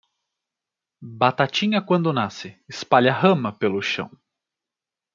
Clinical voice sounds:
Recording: short text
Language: Brazilian Portuguese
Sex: male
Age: 30 to 39 years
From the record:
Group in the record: control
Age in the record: 32 years

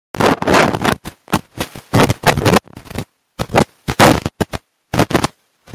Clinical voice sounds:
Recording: spoken sentence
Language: Brazilian Portuguese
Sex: male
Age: 20 to 29 years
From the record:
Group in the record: control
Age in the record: 21 years

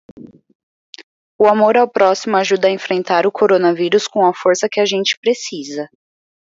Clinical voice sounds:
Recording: spoken sentence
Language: Brazilian Portuguese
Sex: female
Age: 20 to 29 years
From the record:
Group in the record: control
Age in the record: 20 years

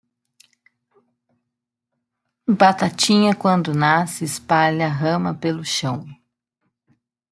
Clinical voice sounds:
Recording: short text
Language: Brazilian Portuguese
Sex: female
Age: 40 to 49 years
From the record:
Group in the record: control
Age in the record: 47 years

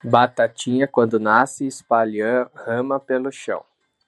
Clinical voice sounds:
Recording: short text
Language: Brazilian Portuguese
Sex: male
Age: 30 to 39 years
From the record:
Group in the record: control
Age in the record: 38 years

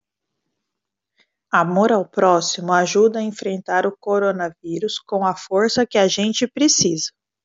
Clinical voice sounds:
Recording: spoken sentence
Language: Brazilian Portuguese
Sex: female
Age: 40 to 49 years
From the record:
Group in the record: control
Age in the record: 41 years

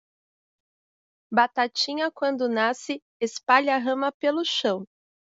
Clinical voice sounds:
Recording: short text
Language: Brazilian Portuguese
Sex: female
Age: 40 to 49 years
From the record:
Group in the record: control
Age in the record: 45 years

